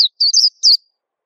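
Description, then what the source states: White-eye song: a brief burst of a few high, quick twittering notes, with nothing else heard. Song described as melodious and long.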